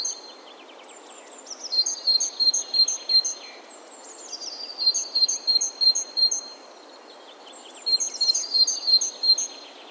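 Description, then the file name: Great tit giving sliding high notes followed by quick series of alternating two-pitched chirps, repeated in three bursts spaced about three seconds apart. "Parus major"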